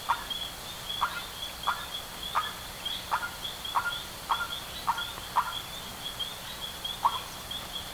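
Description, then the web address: Bird giving clipped, harsh notes about one every half to three-quarter second, then a pause before a last note, with a continuous high whine behind. "BIRD 2015 SABIOD 50 bird 2015"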